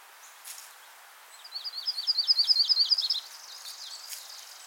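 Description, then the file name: Yellow-rumped Warbler, a bright high trill of quick, evenly repeated chipping notes lasting under two seconds, growing louder then fading, over a faint hiss. Myrtle form of the Yellow-rumped Warbler. "Setophaga coronata - Myrtle Warbler"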